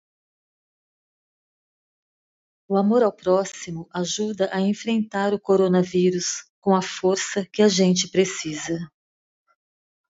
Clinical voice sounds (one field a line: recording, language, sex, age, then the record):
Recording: spoken sentence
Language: Brazilian Portuguese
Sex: female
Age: 50 to 59 years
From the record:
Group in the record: control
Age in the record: 53 years